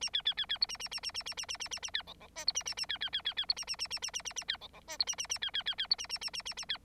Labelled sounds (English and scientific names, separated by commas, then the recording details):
Bengalese Finch (Lonchura striata domestica) song
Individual Bird9